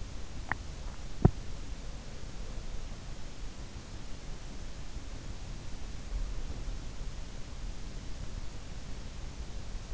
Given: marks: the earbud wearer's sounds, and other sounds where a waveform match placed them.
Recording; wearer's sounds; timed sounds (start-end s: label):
sounds in sleep by an in-ear microphone; teeth grinding
0.00-1.62 s: teeth grinding